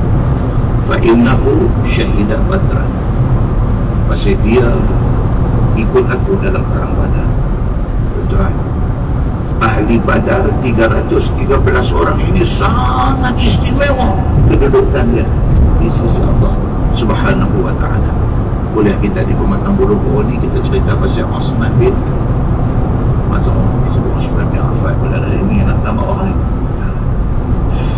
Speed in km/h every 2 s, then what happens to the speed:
142, 139, 137, 133, 131, 131, 133, 133, 134, 136, 136, 128, 123, 123.
0-7 slows to 131. 7-21 steady at about 133. 21-28 slows to 123.